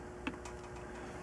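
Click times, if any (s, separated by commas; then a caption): 0.3 s. A steel letter stamp is set into the stamping guide and pressed so that, being precision-made, it locks into the existing impression on a metal pendant blank. A faint, sharp tick at 0.3 s marks it locking into place, followed by a softer sound at about 0.5 s against a low steady background.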